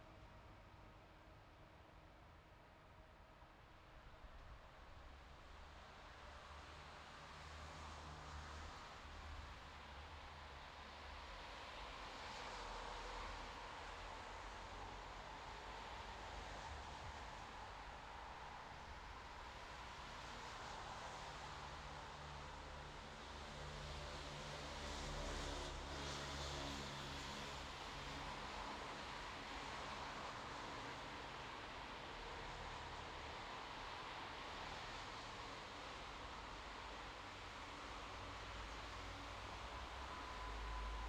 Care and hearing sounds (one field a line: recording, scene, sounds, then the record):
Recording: everyday scene through a hearing-aid microphone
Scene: in traffic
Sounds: traffic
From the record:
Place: bus stop on a city main road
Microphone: in the ear canal, left